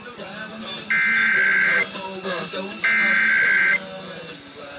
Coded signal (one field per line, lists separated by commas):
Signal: Emergency Alert System (SAME) tones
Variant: header bursts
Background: speech